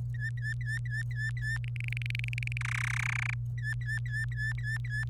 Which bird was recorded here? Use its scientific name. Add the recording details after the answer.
Serinus canaria. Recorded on 26 April 2018 at 15:11. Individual llb3